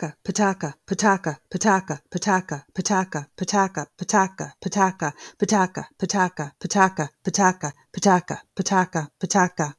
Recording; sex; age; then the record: repeated syllables /pa ta ka/; female; 40 to 49 years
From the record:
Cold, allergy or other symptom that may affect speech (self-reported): no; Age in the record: 42 years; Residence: Illinois, United States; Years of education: 20